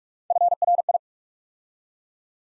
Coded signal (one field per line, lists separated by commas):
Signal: Morse code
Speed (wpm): 44 wpm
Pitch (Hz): 700 Hz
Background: none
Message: FRI